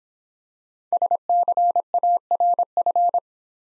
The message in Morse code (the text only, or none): SCARF